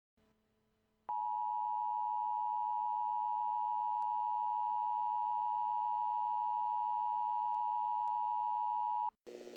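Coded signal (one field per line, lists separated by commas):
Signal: Emergency Alert System (SAME) tones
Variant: 853 and 960 Hz attention tone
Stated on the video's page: Fictional EAS alert scenario.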